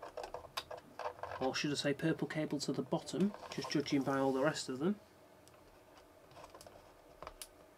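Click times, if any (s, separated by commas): none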